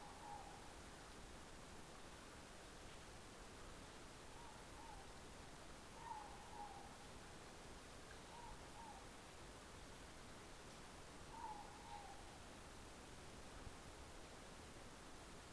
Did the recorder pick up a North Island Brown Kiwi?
no